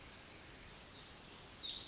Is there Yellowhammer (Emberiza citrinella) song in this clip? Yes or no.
no